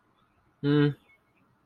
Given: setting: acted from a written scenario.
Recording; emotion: vocal sound without words; neutral